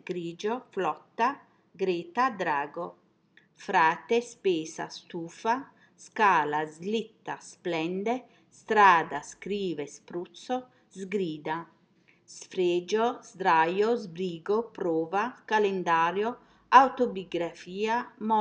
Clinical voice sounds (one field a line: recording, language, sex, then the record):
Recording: read list of words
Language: Italian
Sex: female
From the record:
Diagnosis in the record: healthy control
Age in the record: 60 years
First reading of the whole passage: 59 s, 7.9 characters per second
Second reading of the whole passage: 55 s, 8.5 characters per second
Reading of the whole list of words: 44 s, 6.4 characters per second